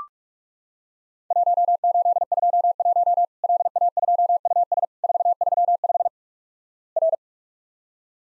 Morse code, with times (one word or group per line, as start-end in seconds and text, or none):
1.3-3.2 1821
3.4-4.8 LA2US
5.0-6.1 435
7.0-7.2 R